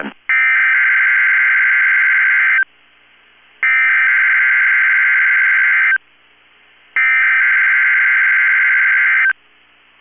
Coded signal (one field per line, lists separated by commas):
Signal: Emergency Alert System (SAME) tones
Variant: header bursts